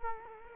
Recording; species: mosquito wingbeat signal from an infrared sensor; Culex quinquefasciatus